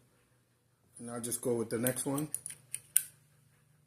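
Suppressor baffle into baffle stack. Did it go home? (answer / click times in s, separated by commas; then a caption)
yes / 3.0 s. A metal suppressor baffle is placed onto the baffle stack and twisted, with soft scraping ticks before it locks into place with a sharp click at 3.0 s. Someone talks first, and the baffle is seated.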